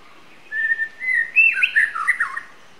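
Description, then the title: White-rumped shama song: a sustained whistle rising into a rich, fluty phrase of slurred notes lasting about two seconds. Wild forest bird, singing. "Kicau burung murai batu hutan"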